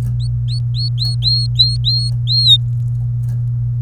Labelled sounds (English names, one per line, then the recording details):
Domestic Canary song
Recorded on 24 April 2018 at 16:34
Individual llb3